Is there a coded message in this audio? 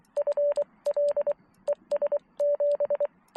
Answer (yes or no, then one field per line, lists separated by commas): yes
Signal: Morse code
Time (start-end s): 0.2-3.1 s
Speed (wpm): 21 wpm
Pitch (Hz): 590 Hz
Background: none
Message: FL ES7